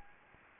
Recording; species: mosquito wingbeat signal from an infrared sensor; Anopheles gambiae